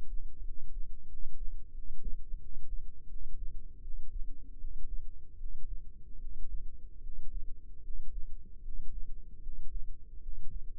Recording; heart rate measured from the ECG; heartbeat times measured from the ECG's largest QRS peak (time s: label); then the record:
heart sounds by microphone in the left ear; 80 bpm
0.40 s: heartbeat
1.04 s: heartbeat
1.69 s: heartbeat
2.36 s: heartbeat
3.05 s: heartbeat
3.79 s: heartbeat
4.56 s: heartbeat
5.35 s: heartbeat
6.16 s: heartbeat
6.98 s: heartbeat
7.79 s: heartbeat
8.59 s: heartbeat
9.38 s: heartbeat
10.18 s: heartbeat
From the record:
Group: healthy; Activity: breath hold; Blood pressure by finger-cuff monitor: 107/67 mmHg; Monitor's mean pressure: 74 mmHg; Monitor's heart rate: 79 bpm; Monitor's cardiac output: 7.7 L/min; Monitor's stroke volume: 96 mL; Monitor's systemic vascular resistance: 690 dyn s/cm5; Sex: male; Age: 22 years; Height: 185 cm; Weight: 112.4 kg